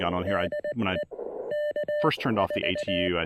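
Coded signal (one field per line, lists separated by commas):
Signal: Morse code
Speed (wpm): 19 wpm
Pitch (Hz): 590 Hz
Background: speech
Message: DE K4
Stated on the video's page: Park activation on 20M using an Elecraft KX1 with a PackTenna 20M EFHW antenna at a state park.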